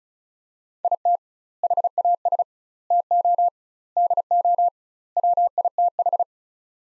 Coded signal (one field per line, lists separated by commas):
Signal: Morse code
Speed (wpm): 36 wpm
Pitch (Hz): 700 Hz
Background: none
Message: IT HAS TO DO WITH